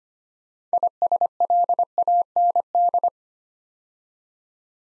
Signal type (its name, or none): Morse code